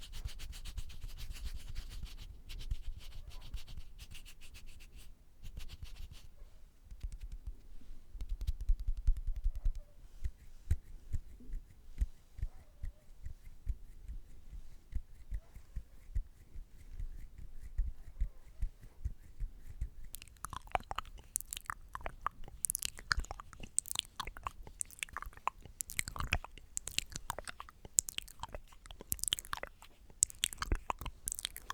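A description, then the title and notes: Mouth sounds: soft, irregular clicks and moist chewing-like smacks, sparse and quiet for the first twenty seconds over a low rumble. Around twenty seconds the sounds turn brighter and more frequent, with crisp wet clicks and crunchy bites continuing densely to the end. ASMR THE MOST RELAXING MOUTH SOUNDS EVER.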